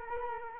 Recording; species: mosquito wingbeat signal from an infrared sensor; Culex quinquefasciatus